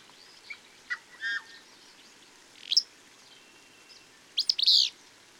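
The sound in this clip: Bird song: scattered softer chirps early, then a sharp high note and a loud burst of rapid sweeping chirps near the end.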